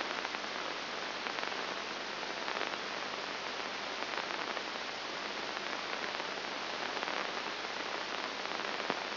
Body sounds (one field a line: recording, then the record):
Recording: brain microelectrode recording played as sound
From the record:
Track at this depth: inside the subthalamic nucleus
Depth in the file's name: 1.904 mm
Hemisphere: left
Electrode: 2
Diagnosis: Parkinson's disease